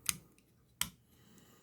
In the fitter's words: snaps back in next thing it has is a fuse so right in here